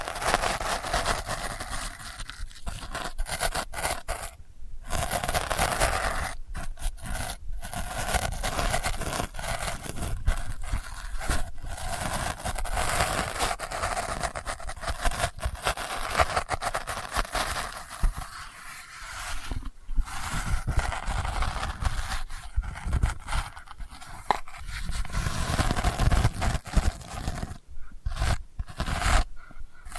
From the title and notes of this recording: ASMR Delicate Scratching for Sleep (No Talking).